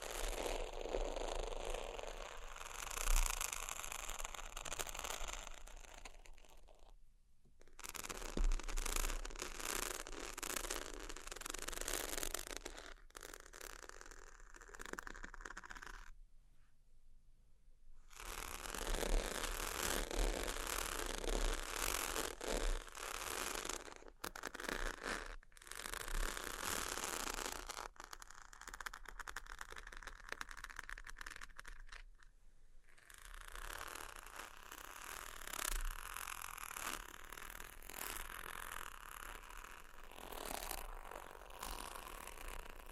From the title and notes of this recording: ASMR Extremely Sleepy Sheets Scratching Tapping（No Talking）.